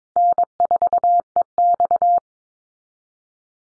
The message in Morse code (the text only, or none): N4EX